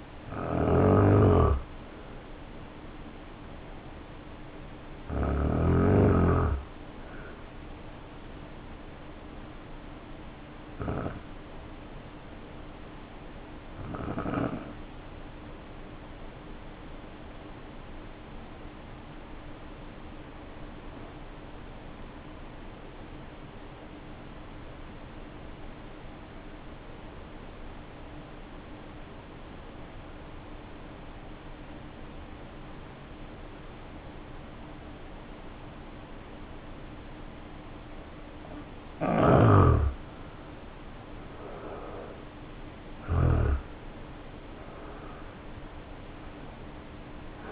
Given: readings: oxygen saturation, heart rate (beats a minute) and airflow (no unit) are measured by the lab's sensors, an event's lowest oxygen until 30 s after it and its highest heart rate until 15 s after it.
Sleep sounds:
breathing in sleep by a voice recorder at the bedside; 1
11.00-40.20 s: hypopnea (N2, oxygen 95% highest, then 76% lowest, heart rate 54 at the start, 72 highest)
From the record:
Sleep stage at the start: N2 (light sleep); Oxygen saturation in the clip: 78 to 95%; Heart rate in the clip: 54 to 71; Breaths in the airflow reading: 8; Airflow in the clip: -5.9 to 8.5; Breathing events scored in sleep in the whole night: 520 in 7.2 hours asleep

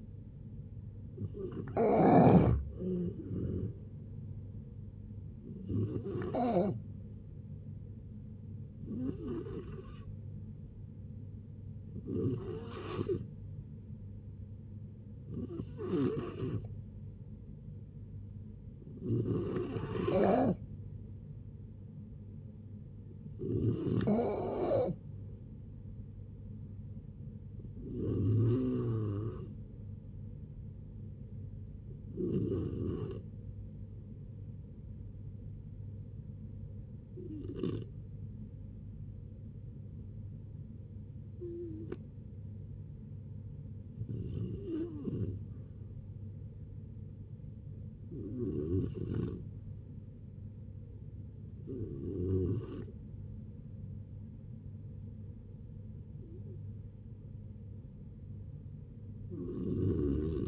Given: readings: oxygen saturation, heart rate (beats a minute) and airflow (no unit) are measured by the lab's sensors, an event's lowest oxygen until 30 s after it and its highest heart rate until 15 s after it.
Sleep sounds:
a person awake in a sleep study, by a smartphone at the bedside; none
0.00-60.47 s: awake
0.00-60.47 s: awake
From the record:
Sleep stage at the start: awake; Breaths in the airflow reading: 19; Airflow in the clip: -0.7 to 0.7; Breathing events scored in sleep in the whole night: 496 in 5.4 hours asleep

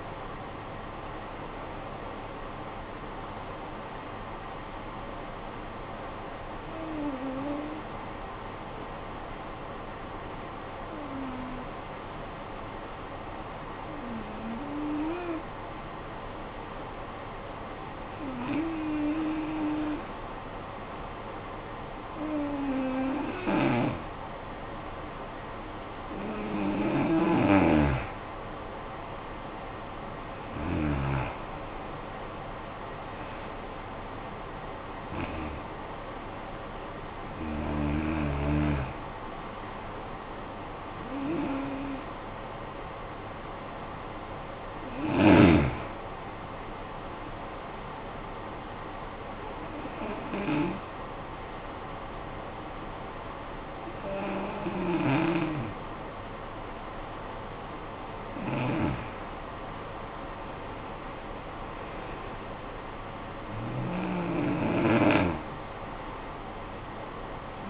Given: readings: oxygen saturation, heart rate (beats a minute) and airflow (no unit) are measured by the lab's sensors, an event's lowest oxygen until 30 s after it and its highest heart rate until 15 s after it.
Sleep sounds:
breathing in sleep by a voice recorder at the bedside; 2
8.00-24.30 s: hypopnea (N2, oxygen 95% highest, then 88% lowest, heart rate 49 at the start, 60 highest)
49.00-62.50 s: hypopnea (N2, oxygen 95% highest, then 90% lowest, heart rate 57 at the start, 62 highest)
From the record:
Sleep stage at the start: N2 (light sleep); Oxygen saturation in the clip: 87 to 95%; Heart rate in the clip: 49 to 62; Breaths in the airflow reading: 16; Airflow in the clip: -13.4 to 12.0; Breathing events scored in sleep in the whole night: 445 in 7.6 hours asleep

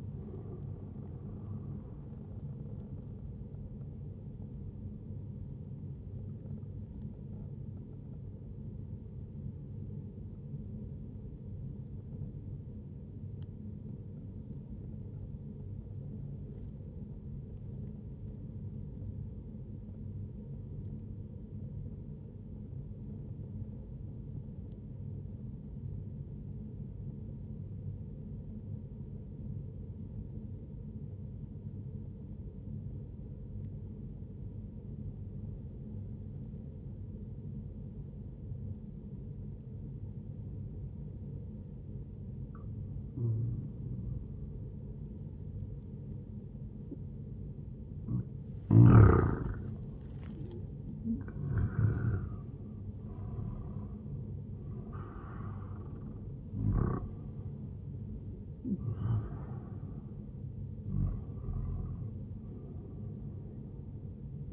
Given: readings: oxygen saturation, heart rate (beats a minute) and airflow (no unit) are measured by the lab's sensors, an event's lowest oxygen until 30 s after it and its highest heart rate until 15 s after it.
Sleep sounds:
breathing in sleep by a smartphone at the bedside; 1
10.00-45.70 s: obstructive apnea (N1, oxygen 98% highest, then 96% lowest, heart rate 62 at the start, 77 highest)
From the record:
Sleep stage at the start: N1 (lightest sleep); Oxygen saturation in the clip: 94 to 98%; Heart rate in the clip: 61 to 81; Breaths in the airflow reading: 5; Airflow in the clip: -10.2 to 11.7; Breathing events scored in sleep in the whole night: 131 in 7.2 hours asleep

